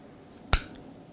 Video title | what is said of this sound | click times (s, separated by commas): Mauser Selbstlader M1916 (Infantry Version) | Para hacer eso Usted empuja esto hacia adelante, y esta pequeña captura de primavera, aquí, encaja en su lugar. | 0.5 s